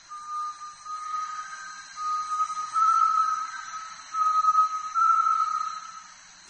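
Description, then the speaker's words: Great tinamou calling, a long quavering whistle in several steady sections that step slightly up and down in pitch. Calls early and late in the day; voice carries a long distance. "Great tinamous call early and late in the day, and their voices carry a long distance."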